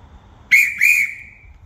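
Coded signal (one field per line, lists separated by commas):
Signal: whistle signal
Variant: crane operator whistle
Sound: two short shrill whistle blasts, the second slightly longer and fading out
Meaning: Two short blasts tell the crane operator to rope up (hook up)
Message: 2 short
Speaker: and the whistle signal is two short blasts it's going to be rope up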